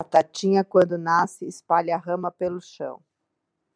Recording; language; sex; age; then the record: short text; Brazilian Portuguese; female; 50 to 59 years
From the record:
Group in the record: control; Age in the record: 52 years